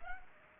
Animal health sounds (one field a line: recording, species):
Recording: mosquito wingbeat signal from an infrared sensor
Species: Culex pipiens